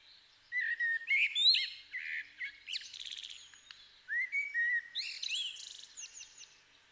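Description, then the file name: Common blackbird song: low fluted warbling phrases followed by squeaky, high twittering flourishes, several phrases in quick succession. "Turdus merula"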